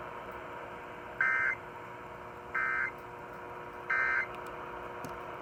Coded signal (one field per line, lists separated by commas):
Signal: Emergency Alert System (SAME) tones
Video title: A crazy night of alerts from Iasias EAS#161-188 8/3/20-8/4/20